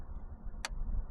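A small BMW trim part with a locating nub on its back is pushed into its mount, lining itself up. A single sharp, bright tick sounds at 0.6 s over low background rumble as the piece clicks into place and seats.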